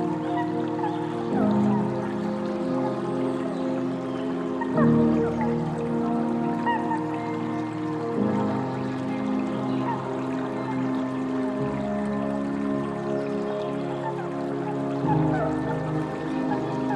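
A gentle tune of soft, sustained notes plays steadily over a faint trickle of water. The held chords shift every three to four seconds, around 1, 5, 8, 12 and 15 seconds, with a low warm bass under them. The loudness stays even throughout.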